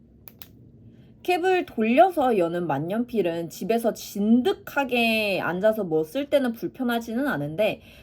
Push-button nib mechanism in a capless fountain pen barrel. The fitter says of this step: 딸깍하고 누르기만 하면 돼요